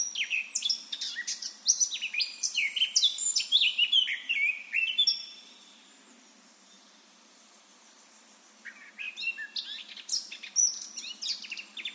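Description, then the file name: Eurasian blackcap singing: a long, fast warble with bright whistled notes, a silent gap, then a second rapid phrase. "Sylvia atricapilla"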